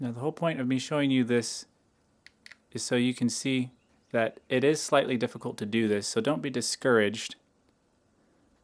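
Someone talks while handling a small memory card at the spring-loaded card slot of an Insta360 One X 360 camera, with two faint, brief ticks at about 2.3 and 2.5 seconds during a pause in the talking. The card has not yet seated or clicked into the slot by the end of the clip.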